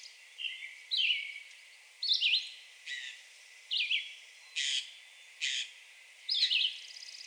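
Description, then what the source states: Red-eyed Vireo giving short, slurred whistled phrases about once a second, with two brief rough noise bursts partway through. Recorded 2020-06-02.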